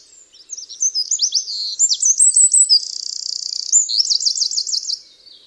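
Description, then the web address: Bird gives a lively high song of quick descending chirps, a dry buzzy trill in the middle, then a run of looping whistled notes. "Bird Only"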